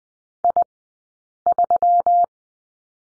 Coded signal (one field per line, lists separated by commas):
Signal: Morse code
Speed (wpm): 20 wpm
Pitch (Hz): 700 Hz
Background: none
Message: I3